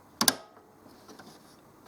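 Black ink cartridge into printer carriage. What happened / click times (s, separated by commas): The ink cartridge snapped into its holder / 0.2 s, 0.3 s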